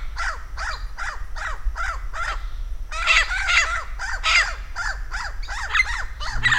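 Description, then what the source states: Vinaceous-breasted amazon giving harsh, arched squawking notes in a steady series, the later notes louder. Campos do Jordão, São Paulo, Brazil; dated 3-12-09.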